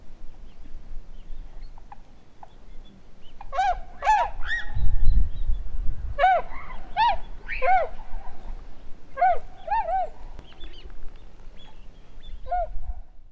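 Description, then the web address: Wild bird honking repeatedly in clustered, nasal double and single notes, with a low rumble in the background. "yacho koe"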